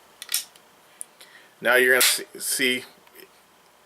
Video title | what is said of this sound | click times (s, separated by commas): SDI Muzzleloader Build Pt 1 | and then we're going to pull the back trigger until it clicks. | 0.2 s